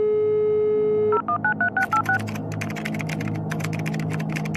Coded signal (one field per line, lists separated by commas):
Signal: DTMF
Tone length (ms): 100 ms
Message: 0193686